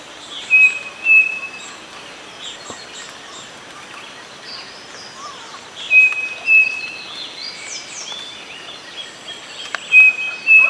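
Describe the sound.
Bird giving short, flat, clear whistles, paired and repeated every few seconds, with softer scattered chirps in between.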